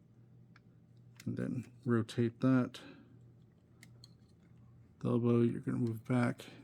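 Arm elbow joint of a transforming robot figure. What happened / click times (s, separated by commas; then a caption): The plastic joint is being moved but has not yet snapped into place / none. Someone talks while handling the plastic arm elbow joint of a transforming robot figure, rotating a part and starting to move the elbow back. Only faint handling ticks are heard between the words, and the joint has not snapped into place yet.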